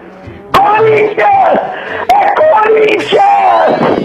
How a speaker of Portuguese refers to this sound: Grita forte, irmão. Grita forte. Você deu um gritinho meio fraco. Meio galinha.